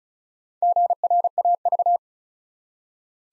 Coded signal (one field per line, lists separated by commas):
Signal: Morse code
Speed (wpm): 36 wpm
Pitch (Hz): 700 Hz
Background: none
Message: GRAV